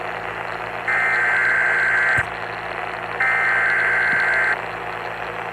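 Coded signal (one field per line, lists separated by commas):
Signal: Emergency Alert System (SAME) tones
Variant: header bursts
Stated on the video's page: Severe Thunderstorm Warning received on AM radio.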